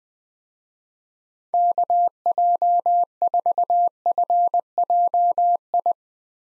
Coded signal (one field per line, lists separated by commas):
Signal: Morse code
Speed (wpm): 20 wpm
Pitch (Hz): 700 Hz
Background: none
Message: KJ4FJI